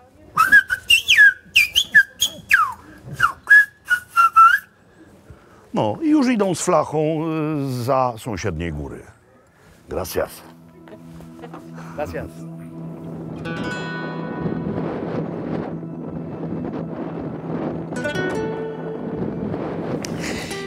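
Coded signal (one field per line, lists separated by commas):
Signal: whistled language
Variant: Silbo Gomero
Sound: a clear whistle gliding up and down in short phrases, like whistled speech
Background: voice, then music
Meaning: I would like a bottle of local red wine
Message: I would like a bottle of local red wine.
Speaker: And a very short demonstration. Senor Jorge, "I would like a bottle of local red wine."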